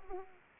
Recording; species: mosquito wingbeat signal from an infrared sensor; Anopheles arabiensis